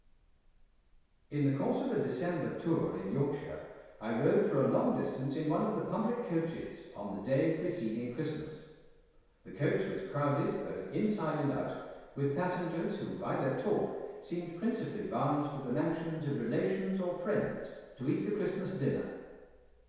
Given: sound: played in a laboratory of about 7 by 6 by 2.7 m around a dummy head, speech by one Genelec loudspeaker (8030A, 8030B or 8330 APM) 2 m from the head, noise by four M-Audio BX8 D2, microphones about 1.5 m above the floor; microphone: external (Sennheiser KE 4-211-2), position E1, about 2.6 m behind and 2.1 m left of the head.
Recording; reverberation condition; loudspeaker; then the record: male speech in English; high; 60 degrees to the left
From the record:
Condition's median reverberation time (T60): about 1300 ms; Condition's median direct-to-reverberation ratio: about -4.0 dB